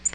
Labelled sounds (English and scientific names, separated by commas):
Tennessee Warbler (Leiothlypis peregrina) flight call